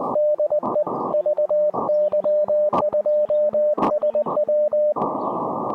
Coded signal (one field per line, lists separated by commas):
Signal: Morse code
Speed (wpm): 20 wpm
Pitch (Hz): 590 Hz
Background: radio noise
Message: DE VY2SW